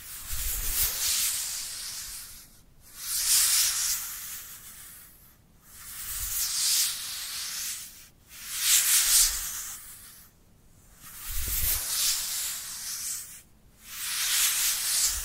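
Dry hands rub together in steady hissing strokes about every two and a half seconds, each swelling and fading, with brief silent gaps between.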